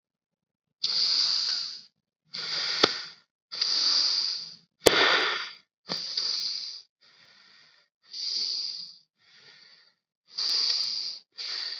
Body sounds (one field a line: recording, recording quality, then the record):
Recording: shallow breathing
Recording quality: excellent, no background noise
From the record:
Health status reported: COVID-19 positive, mild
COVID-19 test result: positive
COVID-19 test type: rapid antigen test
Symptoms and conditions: cough, fever, muscle pain, diarrhoea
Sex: male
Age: 27 years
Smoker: no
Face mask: not worn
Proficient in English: yes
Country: India